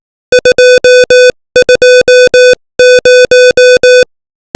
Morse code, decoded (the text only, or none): 220